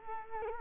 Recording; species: mosquito wingbeat signal from an infrared sensor; Culex quinquefasciatus